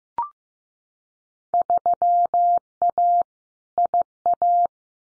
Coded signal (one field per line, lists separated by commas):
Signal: Morse code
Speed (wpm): 15 wpm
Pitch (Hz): 700 Hz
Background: none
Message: 3A IA